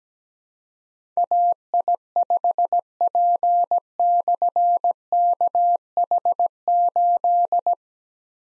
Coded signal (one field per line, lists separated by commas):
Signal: Morse code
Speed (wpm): 17 wpm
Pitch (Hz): 700 Hz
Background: none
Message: AI5P/KH8